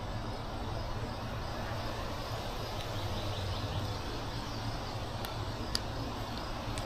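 A furry windscreen is fitted over a small wireless clip-on lavalier microphone transmitter; the fur gets in the way, so it is lined up, pushed on and twisted. A steady low background rumble runs throughout, with faint sharp ticks at 5.3 s and 6.8 s. A crisp click at 5.8 s marks the windscreen locking in place.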